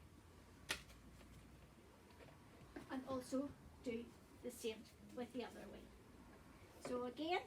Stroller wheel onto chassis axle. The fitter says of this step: so all you do again is push your way on the place and you're here click and